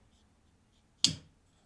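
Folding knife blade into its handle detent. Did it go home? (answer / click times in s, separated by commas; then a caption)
yes / 1.0 s. A folding knife blade is closed and snaps into its handle detent with a single sharp, stout click at 1.0 s, its bright ring fading quickly against near silence. The blade seats firmly closed.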